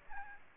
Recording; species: mosquito wingbeat signal from an infrared sensor; Aedes aegypti